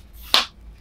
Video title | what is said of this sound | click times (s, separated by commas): Utah High Country Mule Deer Glassing Set Up - 2021 | so they extend like this little twist guys that locks in place | 0.3 s